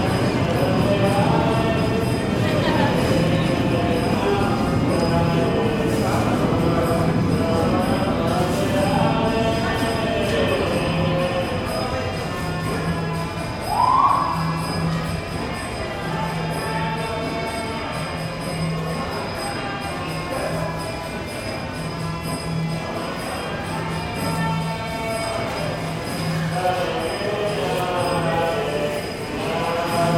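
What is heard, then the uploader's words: Underground in a busy subway station, a dense crowd murmur fills the space with steady overlapping voices and echo. A low rhythmic hum pulses underneath throughout, and a thin high whine hangs over everything. A brief sharp knock sounds around fourteen seconds. The only subterranean recording, Penn Station can almost seem like an ultra diverse mini music festival. The instruments and voice echo through the surrounding cement. Buried beneath Manhattan, the echoes of hundreds of passengers mingle with subway cars and a group of four men.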